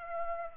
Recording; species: mosquito wingbeat signal from an infrared sensor; Aedes aegypti